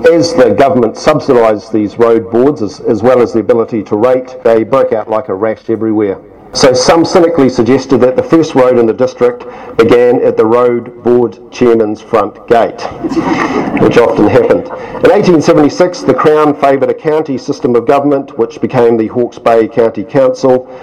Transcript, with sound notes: As the government subsidised these Roads Boards, as well as the ability to rate, they broke out like a rash everywhere, so some cynically suggested that the first road in the district began at the Road Board chairman’s front gate, [chuckles] which often happened. In 1876 the Crown favoured a Counties system of government which became the Hawke’s Bay County Council…